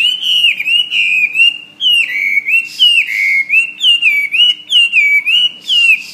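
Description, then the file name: Hwamei song of continuous, fluty whistles that waver up and down in short connected phrases. "omkicau hwamey"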